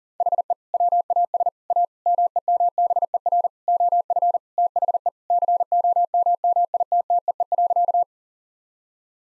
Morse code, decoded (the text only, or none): HE WAS A MEMBER OF THE COMMITTEE.